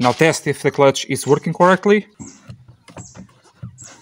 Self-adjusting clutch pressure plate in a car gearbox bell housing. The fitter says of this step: The first time that you press, you can hear a click. That is the clutch assembly auto-correcting its position.